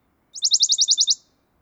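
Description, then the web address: Western Bonelli's warbler singing a brief rattling trill of roughly nine fast, even notes, high and clean, ending abruptly in silence. "chant fernand deroussen pouillot de bonelli"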